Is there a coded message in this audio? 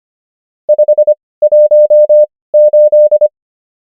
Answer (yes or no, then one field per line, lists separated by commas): yes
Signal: Morse code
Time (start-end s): 0.7-3.3 s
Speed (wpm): 25 wpm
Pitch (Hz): 600 Hz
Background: none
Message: 518